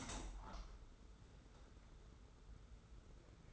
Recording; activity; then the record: daily activity, microphone in the room; open window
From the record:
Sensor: 3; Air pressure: 991.2 hPa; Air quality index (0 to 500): 118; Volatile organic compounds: 86 ppm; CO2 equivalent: 3654 ppm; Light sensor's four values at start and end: 48/132/54/47 and 48/132/53/47